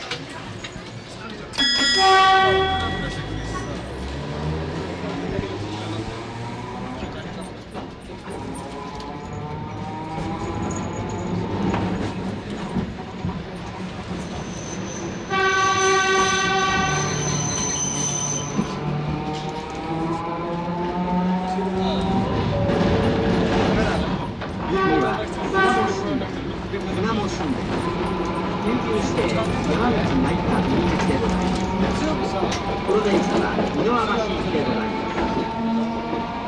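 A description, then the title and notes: A ride aboard a Toden Arakawa Line tram, with a steady low rumble and whine of the running car that rises and falls as it speeds up and slows. Chiming tones ring out near the start and again around fifteen seconds, and voices talk throughout. Toden Arakawa Line. From Otsuka Station to Arakawa Garage. Otsuka Station - Sugamo Shinden - Koshinzuka - Shinkoshinzuka - Nishigahara - Takinokawa 1-chome - Asukayama - Oji Station - Sakaemachi - Kajiwara - In front of Arakawa Garage(Partially recorded).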